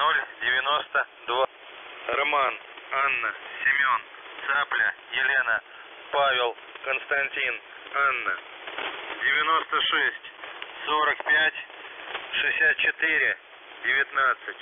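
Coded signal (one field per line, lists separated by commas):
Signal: coded military voice message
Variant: Russian, The Goose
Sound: russian voice reads a number, eight spelled codewords, four two-digit numbers, then 'priyom'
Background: radio static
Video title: The Goose Vozdukh voice message 29.April 2021 17:33 UTC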